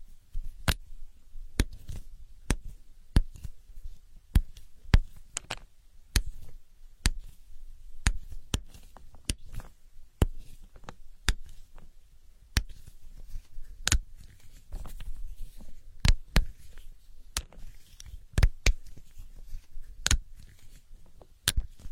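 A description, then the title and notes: Ear picking: sharp little clicks and scratches crackle through the whole stretch, arriving every half second or so, sometimes in quick pairs. Between them runs a low, soft rustle and rumble that rises and falls with the handling. Professor's Asmr ear picking experience.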